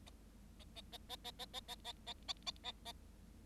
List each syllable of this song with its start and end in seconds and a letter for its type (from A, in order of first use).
0.59-0.64 A, 0.75-0.81 A, 0.92-0.97 A, 1.09-1.16 A, 1.24-1.31 A, 1.39-1.45 A, 1.53-1.60 A, 1.68-1.75 A, 1.84-1.92 A, 2.06-2.13 A, 2.28-2.33 A, 2.46-2.51 A, 2.63-2.72 A, 2.85-2.92 A